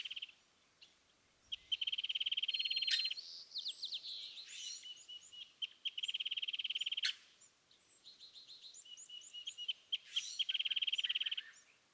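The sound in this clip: California thrasher song: a long run of varied phrases, with high notes repeated quickly in rattling bursts and harsh buzzy and whistled elements, broken by short pauses.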